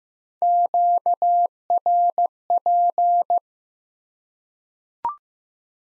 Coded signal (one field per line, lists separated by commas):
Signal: Morse code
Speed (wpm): 15 wpm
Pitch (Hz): 700 Hz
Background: none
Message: QRP